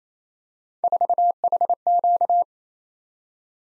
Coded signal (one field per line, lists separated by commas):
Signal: Morse code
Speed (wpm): 27 wpm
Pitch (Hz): 700 Hz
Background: none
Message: 4HQ